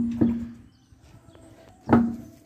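A 17-inch alloy wheel, its center bore reamed out, is pushed onto the hub of a Gol car, with a first knock at about 0.2 s and a final, sharper knock at 1.9 s. The wheel seats exactly and sits flush against the hub.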